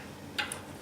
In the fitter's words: and when you hear the click sound then that me is good